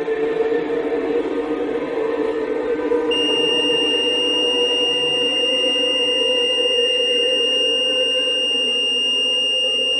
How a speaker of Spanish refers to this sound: Apenas prepara la cámara, suena un pitido.